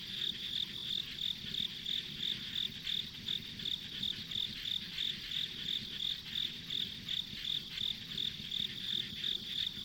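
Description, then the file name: Insects, shrill pulsing chirps about three a second that never pause, over a gentle low rumble. Ambient insect sounds recorded on a country road. "田舎道の虫の環境音"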